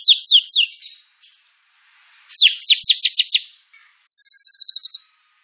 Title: PANCINGAN MURAI BATU. MURAI BATU FULL MATERI ISIAN